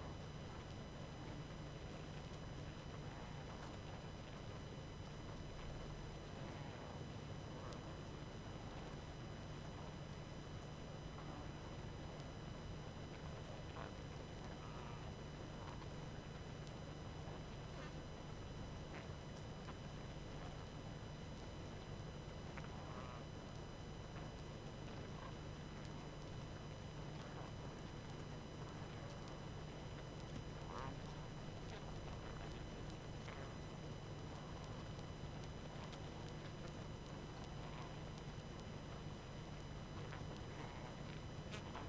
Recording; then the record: honeybee colony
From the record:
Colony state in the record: active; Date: 12 June 2018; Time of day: 20:45